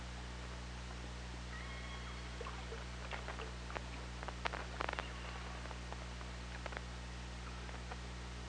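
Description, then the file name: Killer whale clicks: a dense burst of sharp clicks in the middle, preceded by a faint flat tone, over continuous low hum. OrcaLab hydrophone, 24 August 2017, 17:51. "Orca Lab UTLN JASON 20170824 175124"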